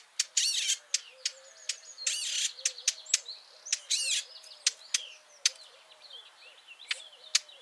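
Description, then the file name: Eurasian blackcap's hard tack clicks mixed with short harsh rasping bursts, irregularly spaced, over a faint low background. "Sylvia atricapilla"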